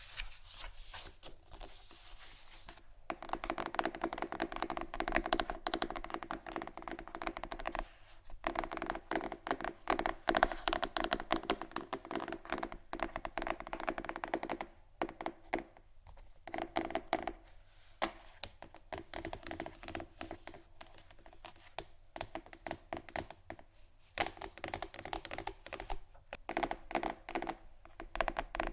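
Fast, dense tapping on wood, books, metal and other surfaces runs through nearly the whole clip, the clicks packed tight like rapid typing. Brief silent gaps break it near 3, 8, 15, 18 and 24 seconds, and a low steady hum sits underneath.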